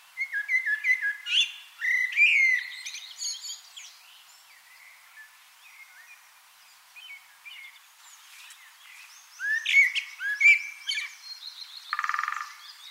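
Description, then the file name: Common blackbird's long mellow warbling phrase, a pause, then another fluty phrase with high twitters, finishing with a short burst of rough noise. "Turdus merula"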